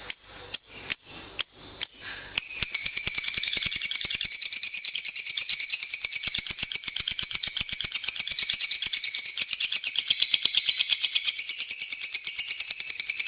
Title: Suara Kicau Burung Lovebird - Masteran Lovebird Ngekek